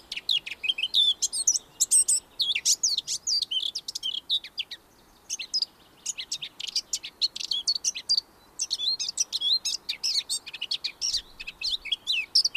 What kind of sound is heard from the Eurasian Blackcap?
song